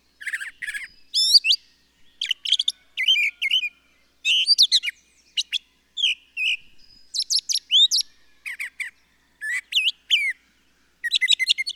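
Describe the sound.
Bird song in rapid bursts of high, twisting whistles and chirps, phrases separated by short pauses, with nothing else heard.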